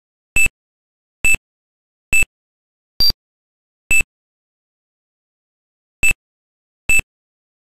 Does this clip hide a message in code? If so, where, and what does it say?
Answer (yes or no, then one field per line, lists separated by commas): no